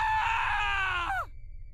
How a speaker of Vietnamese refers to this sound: Nhưng vừa bước đến bên thì một tiếng hét thất thanh vang lên.